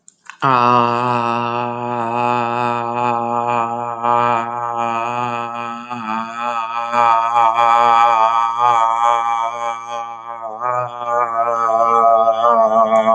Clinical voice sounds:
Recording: vowel held as long as possible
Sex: female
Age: 40 to 49 years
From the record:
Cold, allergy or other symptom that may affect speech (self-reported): no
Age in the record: 42 years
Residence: Florida, United States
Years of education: 16

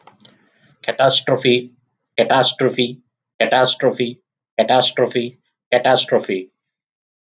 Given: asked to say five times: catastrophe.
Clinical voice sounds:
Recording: repeated word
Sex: male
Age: 30 to 39 years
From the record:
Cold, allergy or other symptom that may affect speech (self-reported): no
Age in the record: 30 years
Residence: Georgia, United States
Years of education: 18

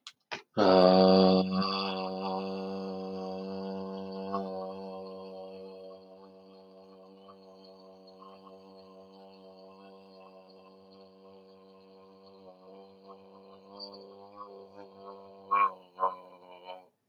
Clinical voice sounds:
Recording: vowel held as long as possible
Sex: male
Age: 40 to 49 years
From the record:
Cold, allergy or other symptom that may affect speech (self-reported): no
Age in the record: 45 years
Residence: Indiana, United States

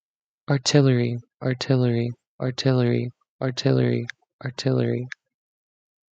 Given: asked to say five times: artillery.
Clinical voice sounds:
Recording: repeated word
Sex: male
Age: 20 to 29 years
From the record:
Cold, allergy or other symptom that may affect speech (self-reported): no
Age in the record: 23 years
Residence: Minnesota, United States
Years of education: 13

